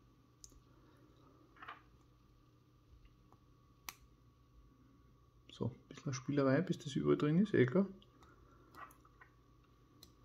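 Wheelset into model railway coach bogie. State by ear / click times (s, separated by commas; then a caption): seated / 10.0 s. A plastic wheelset is pressed back into the bogie of an H0 double-deck model railway coach during reassembly, after it had not been fully in on one side. Someone talks while small clicks and taps of fiddling sound. A click at 10.0 s marks the wheelset snapping into place, now seated properly.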